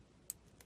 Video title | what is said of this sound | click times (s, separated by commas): Lego Transformers by M1NDxBEND3R - Mantid (Codename: Lord of the Flies) & The SWAT Team | get it above there there you go lock it in like so and now | 0.3 s